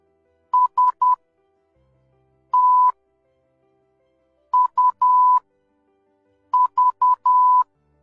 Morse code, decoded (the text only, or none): S T U V